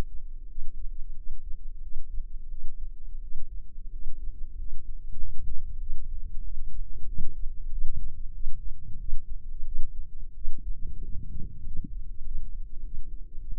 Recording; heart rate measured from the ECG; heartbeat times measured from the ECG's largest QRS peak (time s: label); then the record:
heart sounds by microphone in the left ear; 93 bpm
0.47 s: heartbeat
1.14 s: heartbeat
1.80 s: heartbeat
2.48 s: heartbeat
3.19 s: heartbeat
3.89 s: heartbeat
4.55 s: heartbeat
5.17 s: heartbeat
5.78 s: heartbeat
6.41 s: heartbeat
7.06 s: heartbeat
7.69 s: heartbeat
8.32 s: heartbeat
8.97 s: heartbeat
9.64 s: heartbeat
10.33 s: heartbeat
10.99 s: heartbeat
11.63 s: heartbeat
12.22 s: heartbeat
12.80 s: heartbeat
13.38 s: heartbeat
From the record:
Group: healthy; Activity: cold pressor test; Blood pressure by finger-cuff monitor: 119/75 mmHg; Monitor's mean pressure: 96 mmHg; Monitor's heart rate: 91 bpm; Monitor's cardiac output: 7.6 L/min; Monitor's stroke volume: 82 mL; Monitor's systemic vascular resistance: 940 dyn s/cm5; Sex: female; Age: 24 years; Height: 163 cm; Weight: 55.7 kg